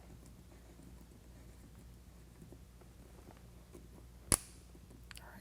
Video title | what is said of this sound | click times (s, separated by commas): How to Install Havoc Offroad EVOC Fender Flares on a 2022 Ford Bronco | right once you hear it click you can go ahead and back the screw back out | 4.3 s